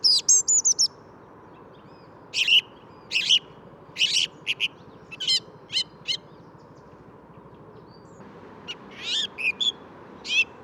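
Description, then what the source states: Song Thrush song: a quick run of repeated high notes, then several separate loud chirpy phrases, over a steady traffic hum. Perched about twenty metres up in an apparent ash, bill opening with each note, wood's edge near road; Bois de Vincennes, 14 February 2019, 8–10:30 am, sunny; Nagra Seven, Telinga parabola.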